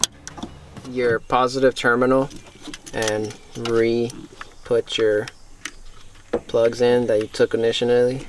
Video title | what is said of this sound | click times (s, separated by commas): How to replace the battery in a 2007 Toyota Prius | and then when you reconnect it you'll hear an audible click | 0.0 s